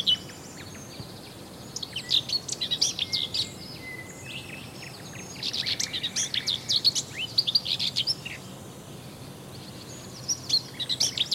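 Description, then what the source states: Common whitethroat song: short scratchy, chattering phrases of rapid notes high in pitch, delivered in bursts separated by brief pauses, over a quiet steady background hiss. Variant song.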